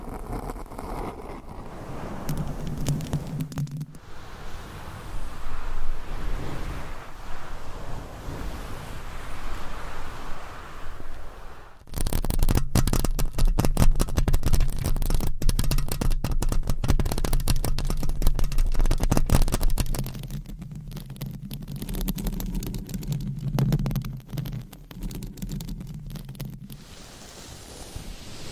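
Mic scratching: a soft, smeared rustle first, then from twelve seconds dense, crackly scraping with a low hum underneath, easing near twenty.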